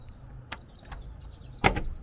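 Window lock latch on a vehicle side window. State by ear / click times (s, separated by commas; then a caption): released / 1.7 s. A locked window latch on a vehicle side window is worked open by hand, without a pick. A sharp tick at 0.5 s and a few softer knocks lead to a loud, sharp click at 1.7 s, and the latch is released and unlocked.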